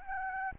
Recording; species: mosquito wingbeat signal from an infrared sensor; Aedes albopictus